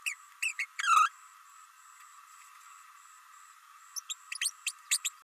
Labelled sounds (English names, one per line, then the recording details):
Green-rumped Parrotlet babbling
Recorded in a nest box in Venezuela
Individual 18B104A5